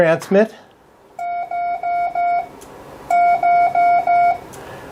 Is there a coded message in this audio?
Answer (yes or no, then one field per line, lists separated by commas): no